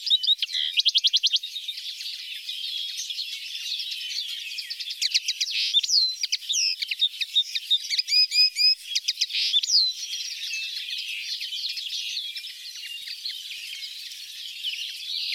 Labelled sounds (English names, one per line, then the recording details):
Common Linnet song
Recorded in the wild
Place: Merdingen bis Ihringen / Kaiserstuhl, Baden-Württemberg, DE
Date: 1980-05-15
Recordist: Schwarz, Dieter